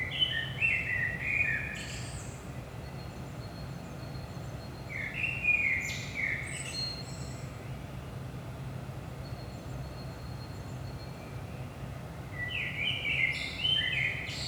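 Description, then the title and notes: Common blackbird singing three separate mellow warbled phrases, each ending in a high squeaky twitter, with long pauses between, over a steady low rumble of background noise. Recorded in Saint-Gilles, Belgium, at 5 am in the early morning; captured with a DPA 4060 pair in AB position into a Zoom F3 recorder. "Saint-Gilles, Belgique - 5am Blackbird. Blackbird in the morning. Merle au petit matin"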